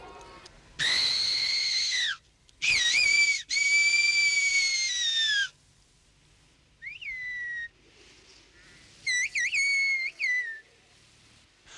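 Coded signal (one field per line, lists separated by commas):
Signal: whistled language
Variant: Aas whistled Occitan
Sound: loud sustained whistles gliding around 2 kHz in about six phrases with pauses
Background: outdoor ambience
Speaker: this is one of only four places in the world where people still hold longdistance conversations in this way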